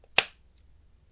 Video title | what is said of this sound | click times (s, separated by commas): Winsor Newton Field Set Comparison #watercolor #productreview #winsorandnewton | this is where you hear the click | 0.2 s